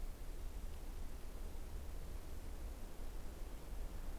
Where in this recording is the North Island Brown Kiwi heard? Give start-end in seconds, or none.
none